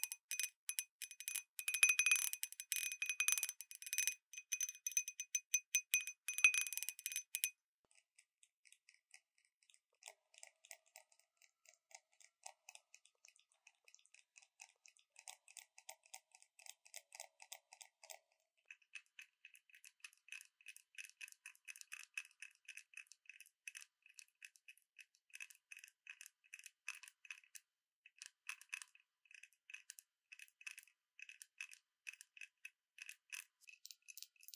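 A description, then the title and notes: A glass wind-bell cup chimes in rapid, bright, ringing taps, loudest and densest for the first seven seconds, then continuing softer and sparser throughout. 風鈴杯 | 玻璃杯 | Wind Bell Cup | Glass Tapping | No Talking.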